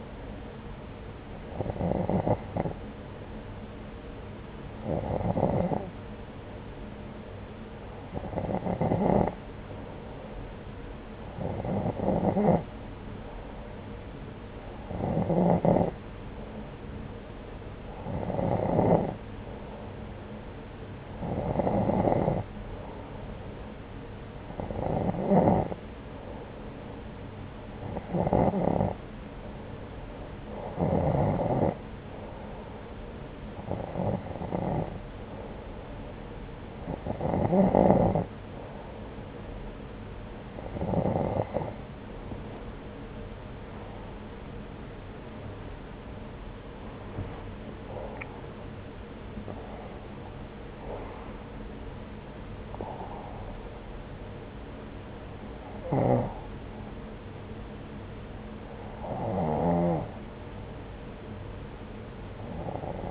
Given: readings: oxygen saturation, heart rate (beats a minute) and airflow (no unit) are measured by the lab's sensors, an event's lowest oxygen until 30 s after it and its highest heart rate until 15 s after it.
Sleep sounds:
breathing in sleep by a voice recorder at the bedside; 1
28.00-46.20 s: hypopnea (N2, oxygen 91% highest, then 90% lowest, heart rate 71 at the start, 91 highest)
48.00-63.11 s: new sleep stage, N1 (lightest sleep)
From the record:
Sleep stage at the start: N2 (light sleep); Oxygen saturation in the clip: 90 to 92%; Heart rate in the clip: 66 to 91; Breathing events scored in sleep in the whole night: 303 in 8.1 hours asleep

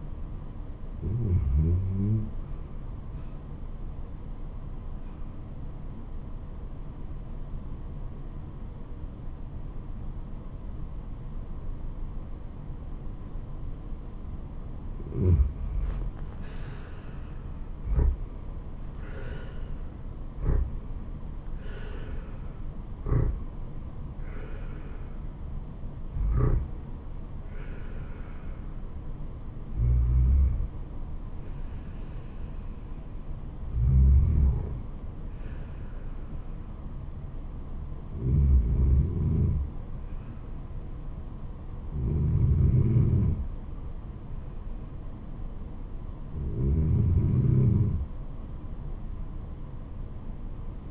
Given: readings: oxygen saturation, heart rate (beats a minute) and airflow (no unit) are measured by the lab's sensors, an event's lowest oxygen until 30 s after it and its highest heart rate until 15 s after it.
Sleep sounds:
breathing in sleep by a smartphone at the bedside; 1
3.00-18.30 s: hypopnea (REM, oxygen 89% highest, then 81% lowest, heart rate 70 at the start, 85 highest)
7.00-50.91 s: new sleep stage, N1 (lightest sleep)
From the record:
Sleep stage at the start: REM sleep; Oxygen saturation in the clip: 81 to 97%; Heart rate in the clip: 67 to 85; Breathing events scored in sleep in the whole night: 426 in 7.4 hours asleep

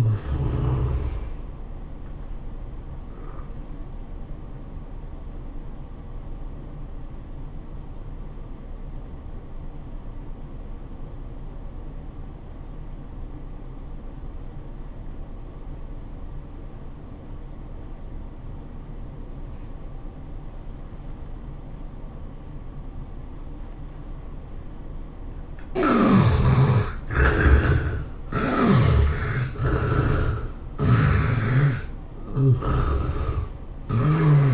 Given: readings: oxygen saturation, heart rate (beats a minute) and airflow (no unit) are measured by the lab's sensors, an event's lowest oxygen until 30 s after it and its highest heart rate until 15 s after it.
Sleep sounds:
breathing in sleep by a smartphone at the bedside; 1
9.00-26.90 s: obstructive apnea (N2, oxygen 96% highest, then 71% lowest, heart rate 95 at the start, 103 highest)
From the record:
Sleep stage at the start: N2 (light sleep); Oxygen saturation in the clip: 70 to 96%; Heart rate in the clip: 79 to 106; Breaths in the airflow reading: 4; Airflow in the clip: -11.2 to 18.6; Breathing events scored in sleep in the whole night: 403 in 5.5 hours asleep

